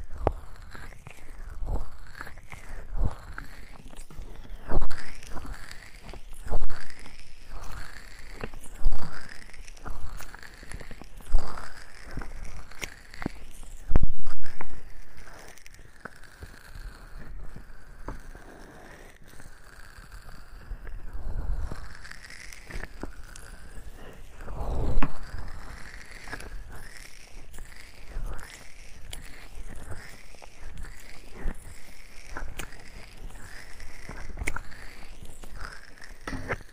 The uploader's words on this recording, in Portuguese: ASMR MASSAGEM NOS SEUS OUVIDOS (Sons de Creme). Massagem completa nos seus ouvidos com sons de creme.